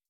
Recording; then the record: hydrophone in a shrimp aquaculture tank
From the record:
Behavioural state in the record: starved